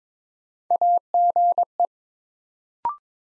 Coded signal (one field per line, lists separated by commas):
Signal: Morse code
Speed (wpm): 22 wpm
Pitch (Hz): 700 Hz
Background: none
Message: AGE